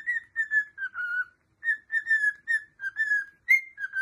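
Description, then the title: Cockatiel whistling a quick series of short, clear, level notes, some slurring slightly downward, with brief pauses between phrases. Several cockatiels singing and whistling. "Calopsitas Cantando Assobio"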